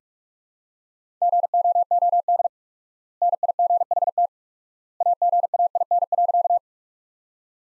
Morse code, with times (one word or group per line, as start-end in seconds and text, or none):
1.2-2.5 GOOD
3.2-4.3 NIGHT
5.0-6.6 AGAIN.